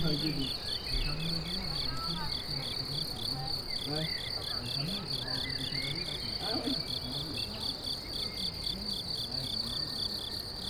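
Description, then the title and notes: Crickets singing continuously in fast, evenly pulsed high chirps, with low rumbling noise and faint sounds underneath. Crickets chirping enthusiastically near a meadow at Chindrieux, France. "51 Chemin des Tigneux, 73310 Chindrieux, France - grillons et chevaux. Près d'une prairie les grillons s'en donne à coeur joie"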